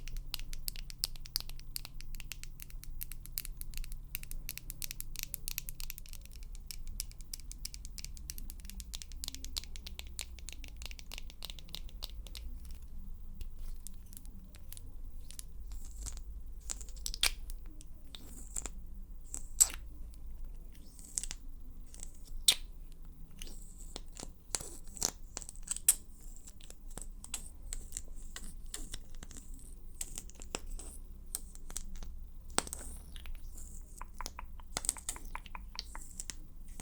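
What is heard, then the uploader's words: Quiet handling sounds from a lipstick try-on: rapid dry clicks and scratchy taps crowd the first ten seconds over a low hum, then thin out into sparser, sharper snaps and brief crisp rustles. ASMR Lip Stick Try-On & Assorted Sounds.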